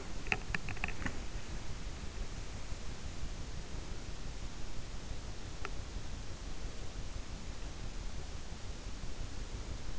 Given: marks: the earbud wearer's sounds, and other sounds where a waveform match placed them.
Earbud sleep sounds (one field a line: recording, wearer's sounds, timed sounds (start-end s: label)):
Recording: sounds in sleep by an in-ear microphone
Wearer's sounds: teeth grinding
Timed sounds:
0.00-1.89 s: teeth grinding
5.44-5.82 s: teeth grinding